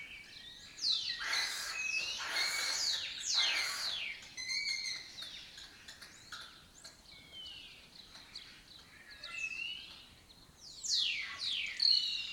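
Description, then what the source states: Lesser kestrel calls: loud hoarse rasping notes clustered in the first seconds, then scattered thin downslurred cries. Colony that took over an abandoned building complex in Doñana; migratory raptor that forages in West Africa and breeds in southern Europe.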